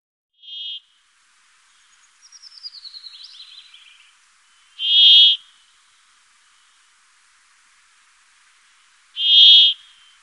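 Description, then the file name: Brambling song: harsh, buzzy notes repeated roughly every four to five seconds, with a faint descending trill between the first two. "Bergfink"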